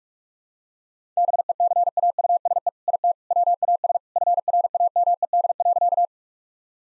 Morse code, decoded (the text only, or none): BECAUSE IT WAS FRAMED.